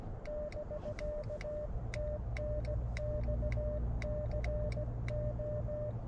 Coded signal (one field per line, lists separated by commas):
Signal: Morse code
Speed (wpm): 16 wpm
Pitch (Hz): 590 Hz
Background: none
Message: <BK> TNX CO